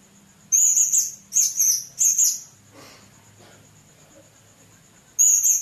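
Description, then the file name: Blue-crowned hanging parrot making three quick bursts of high, sibilant chirps, a quiet spell with a soft low hum, then another burst. "serindit"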